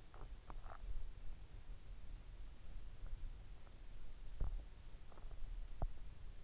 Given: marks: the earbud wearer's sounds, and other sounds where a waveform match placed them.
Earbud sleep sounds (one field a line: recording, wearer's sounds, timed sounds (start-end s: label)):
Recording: sounds in sleep by an in-ear microphone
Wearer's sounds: swallowing, teeth grinding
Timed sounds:
0.00-1.03 s: swallowing
4.15-4.74 s: teeth grinding
5.63-6.15 s: teeth grinding